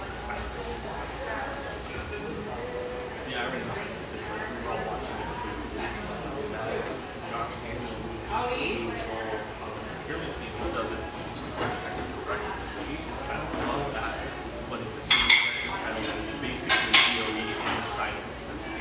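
Steady murmur of an espresso joint: many overlapping voices blend into a dense, even chatter that holds level throughout. Around fifteen and seventeen seconds, sharp clinks of cups and dishes ring out above the talk, with a low hum underneath.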